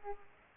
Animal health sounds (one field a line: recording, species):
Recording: mosquito wingbeat signal from an infrared sensor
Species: Aedes aegypti